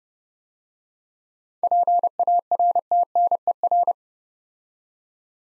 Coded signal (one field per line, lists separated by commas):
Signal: Morse code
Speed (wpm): 30 wpm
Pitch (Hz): 700 Hz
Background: none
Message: PARTNER